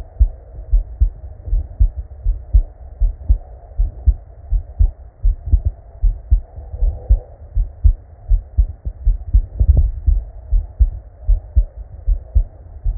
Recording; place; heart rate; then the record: heart sounds by stethoscope; Erb's point; 79 bpm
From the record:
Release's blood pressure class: elevated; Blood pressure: 120/72 mmHg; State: at rest